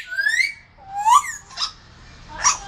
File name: sound grey parrot